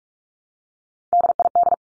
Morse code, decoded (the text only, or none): DID